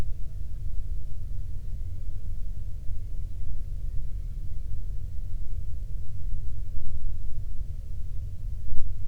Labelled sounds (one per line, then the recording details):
bird
man-made sound
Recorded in the Prudhoe Bay oil fields, Alaska, on 13 June 2019 at 00:10
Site 24